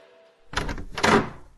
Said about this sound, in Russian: «Вернулся, наконец!» — сказала Ирка, открыв дверь.